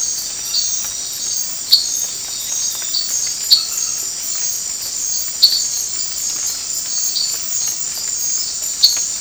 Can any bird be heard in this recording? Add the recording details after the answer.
no. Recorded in dense forest near Puerto Asís, Putumayo, Colombia, on 19 March 2025 at 22:00. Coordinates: 0.500, -76.322. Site GP06